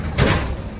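A tractor unit reverses under a trailer, lining its fifth wheel up with the trailer's kingpin. At 0.2 s a single broadband clunk is heard as the fifth-wheel jaws lock onto the kingpin over a steady low engine rumble. A tug test confirms the coupling is on properly.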